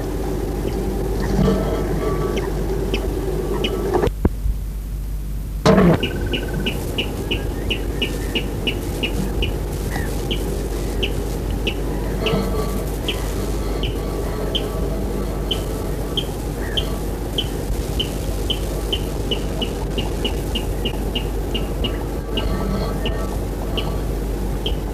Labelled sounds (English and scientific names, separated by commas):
Water Rail (Rallus aquaticus)